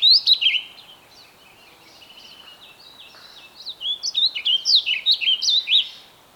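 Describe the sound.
Bird song: a short burst of chirps, soft twittering, then a brisk phrase of loud, high, bouncing notes lasting nearly three seconds.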